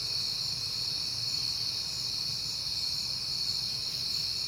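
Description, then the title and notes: Cricket chorus forming an unbroken high-pitched trill, with a soft low hum beneath it throughout. Crickets at night on a peaceful September night, heard often lately. "Night Time: Crickets and Passing Cars. It is September and I have been hearing the crickets a lot"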